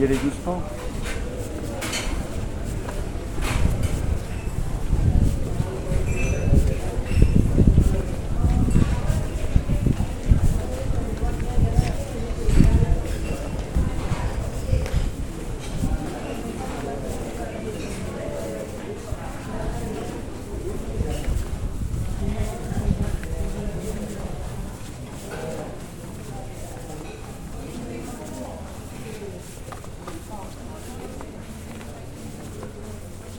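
A sound walk through Cadaquès, with voices talking throughout over a steady low rumble. Footsteps and scattered knocks mark the first twenty seconds, busiest around seconds 5 to 15, before the scene grows quieter and more even toward the end.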